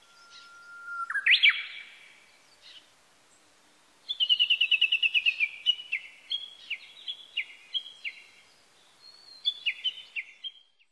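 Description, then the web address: Japanese bush warbler song: a long steady whistle leaping into an upward flourish, then after a pause a rapid rattling trill breaking into repeated descending notes. Recorded 18 April 1998. "1998 980418 uguisu"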